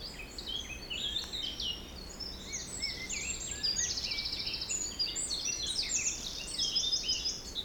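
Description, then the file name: Dense bird chorus with many high chirps, trills and a buzzy repeated phrase, the singers overlapping steadily, with light wind noise. Forest in spring, windy at Beaufort force 3, recorded at 1 pm. "Forest Spring Birds Windy 3 bft 1 pm"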